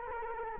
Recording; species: mosquito wingbeat signal from an infrared sensor; Culex quinquefasciatus